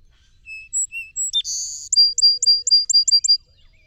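Song sparrow song: alternating high and low pure whistles, a rough buzz, and a trill of about eight quick notes speeding up slightly at the end.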